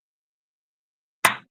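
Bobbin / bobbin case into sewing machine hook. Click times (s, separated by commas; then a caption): 1.2 s. A bobbin or bobbin case is pushed into the hook of a Juki sewing machine after a struggle to line it up from an awkward position. After silence, a single sharp click sounds at 1.3 s and fades quickly. The bobbin is seated.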